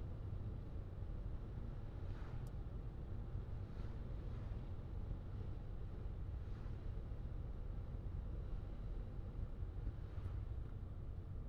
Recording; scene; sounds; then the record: everyday scene through a hearing-aid microphone; in a vehicle; engine, traffic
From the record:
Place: Skoda Fabia, gasoline engine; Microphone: in the ear canal, left